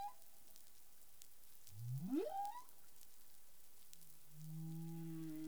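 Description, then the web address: Humpback whale sounds: one sharp rising sweep that levels into a brief tone, then a low droning moan with harmonics. Caribbean, 19 April 2021, 08:14 UTC. "CARIMAM clean data humpback whale"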